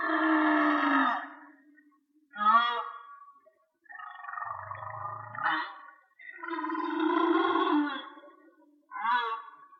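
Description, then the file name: Whale song: harsh, buzzy, harmonic-rich blasts alternating with short rising moans, plus a low grunting rumble in the middle. Mono recording. "Whale Song-colin"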